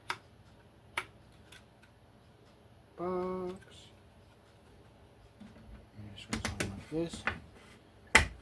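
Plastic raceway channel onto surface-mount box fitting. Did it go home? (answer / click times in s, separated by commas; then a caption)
yes / 8.2 s. A trimmed piece of plastic surface raceway is pressed onto the fitting of a plastic surface-mount electrical box while someone talks, with a few light taps and handling noises along the way. It gives one loud, sharp snap at 8.2 seconds as the raceway seats onto the box.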